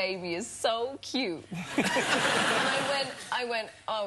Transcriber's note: laughter